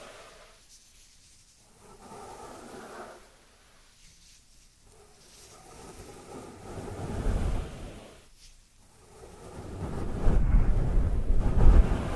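Dry hands rub together in repeated swishing strokes with short pauses, growing louder and rougher toward the end, with faint crackles.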